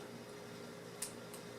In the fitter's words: it's on and then snap into here